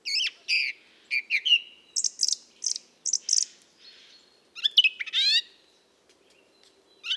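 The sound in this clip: Mistle thrush song: quick, varied phrases of fluted notes and thin high squeaks, a longer pause, then a single note at the end.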